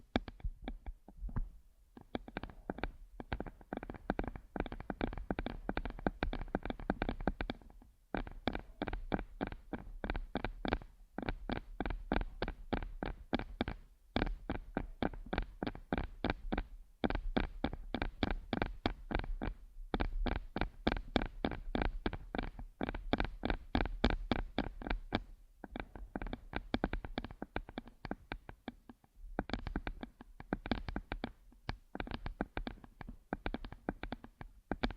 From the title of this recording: ASMR using Headphones as a Mic Brain Melting Massage Triggers